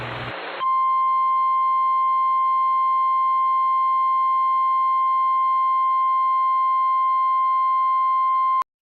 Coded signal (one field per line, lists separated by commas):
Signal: Emergency Alert System (SAME) tones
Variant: 1050 Hz attention tone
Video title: SVR GALORE 9: MRGL RISK MANIA... EAS Alerts from 7/10/23 - 7/11/23 (EAS #2,651 - 2,680)